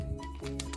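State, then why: Seated. A blind link coupling is twisted into a spring-loaded link bracket with a cog mechanism, over steady background music. Softer ticks at 0.5 s and 0.7 s surround a sharp click at 0.6 s as the coupling locks in place, fully seated.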